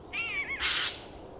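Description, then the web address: Bird call: a harmonic, slightly wavering note that slurs downward, followed at once by a short, harsh, noisy burst. "madarak enek"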